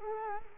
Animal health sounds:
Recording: mosquito wingbeat signal from an infrared sensor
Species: Culex quinquefasciatus

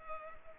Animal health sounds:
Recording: mosquito wingbeat signal from an infrared sensor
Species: Culex pipiens

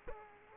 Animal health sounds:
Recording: mosquito wingbeat signal from an infrared sensor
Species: Aedes aegypti

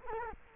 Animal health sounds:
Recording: mosquito wingbeat signal from an infrared sensor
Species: Culex quinquefasciatus

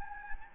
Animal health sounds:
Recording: mosquito wingbeat signal from an infrared sensor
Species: Anopheles gambiae

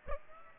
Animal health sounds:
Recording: mosquito wingbeat signal from an infrared sensor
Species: Aedes aegypti

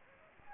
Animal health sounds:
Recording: mosquito wingbeat signal from an infrared sensor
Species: Anopheles gambiae

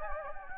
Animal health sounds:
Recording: mosquito wingbeat signal from an infrared sensor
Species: Anopheles gambiae

